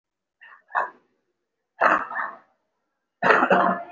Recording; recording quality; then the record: shallow voluntary cough; moderate, slight background noise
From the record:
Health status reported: respiratory illness, not identified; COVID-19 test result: negative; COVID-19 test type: RT-PCR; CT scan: not taken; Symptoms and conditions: cough, cold, breathing difficulty, fatigue, muscle pain, chronic lung disease, pneumonia, another respiratory illness, hypertension, another condition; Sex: male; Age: 64 years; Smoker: no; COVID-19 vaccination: both doses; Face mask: not worn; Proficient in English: yes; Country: India